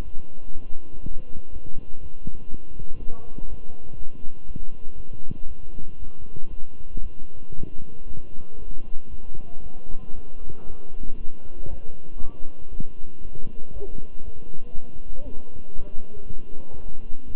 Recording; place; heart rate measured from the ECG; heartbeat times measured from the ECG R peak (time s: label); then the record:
heart sounds by stethoscope; between the tricuspid and mitral areas; 118 bpm
0.04 s: heartbeat
0.53 s: heartbeat
1.02 s: heartbeat
1.52 s: heartbeat
2.02 s: heartbeat
2.50 s: heartbeat
2.99 s: heartbeat
3.48 s: heartbeat
3.98 s: heartbeat
4.47 s: heartbeat
4.96 s: heartbeat
5.47 s: heartbeat
5.99 s: heartbeat
6.50 s: heartbeat
7.02 s: heartbeat
7.54 s: heartbeat
8.07 s: heartbeat
8.58 s: heartbeat
9.10 s: heartbeat
9.62 s: heartbeat
10.15 s: heartbeat
10.66 s: heartbeat
11.17 s: heartbeat
11.69 s: heartbeat
12.20 s: heartbeat
12.71 s: heartbeat
13.21 s: heartbeat
13.72 s: heartbeat
14.24 s: heartbeat
14.74 s: heartbeat
15.24 s: heartbeat
15.75 s: heartbeat
16.26 s: heartbeat
16.76 s: heartbeat
17.26 s: heartbeat
From the record:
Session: walking at 3.7 km/h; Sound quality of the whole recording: good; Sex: male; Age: 23 years